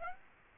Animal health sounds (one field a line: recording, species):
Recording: mosquito wingbeat signal from an infrared sensor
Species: Aedes aegypti